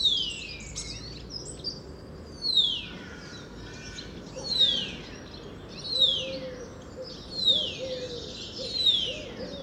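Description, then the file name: Common chaffinch: a sharp, high note sliding steeply downward, repeated about every one and a half seconds, with other faint sounds behind. "Fringilla coelebs"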